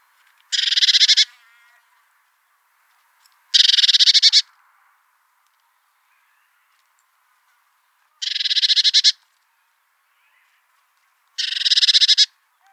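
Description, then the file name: Eurasian blue tit harsh buzzy churring: four rasping bursts, each about a second long, separated by silent gaps of a few seconds. "Cyanistes caeruleus"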